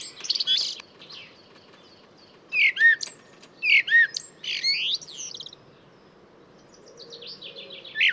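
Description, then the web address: Bird song of short bursts of chirps and downward-slurred whistles, irregularly spaced, with quieter twittering later and faint background noise. "cianscape birddata Deverinetal 2025 Bird Only Tu Me Tu Me"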